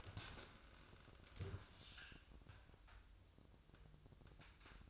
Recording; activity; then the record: daily activity, microphone in the room; stand up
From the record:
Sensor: 2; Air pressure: 1004.9 hPa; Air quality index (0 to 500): 88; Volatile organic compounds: 2 ppm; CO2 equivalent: 1050 ppm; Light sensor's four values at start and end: 7/16/7/7 and 7/17/7/7